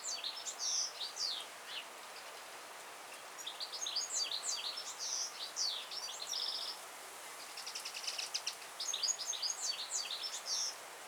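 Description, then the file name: European goldfinch song: bright, tinkling twitters in quick, jumbled phrases, pausing twice before resuming, with a brief buzzy trill midway, over a faint hiss. "Carduelis carduelis"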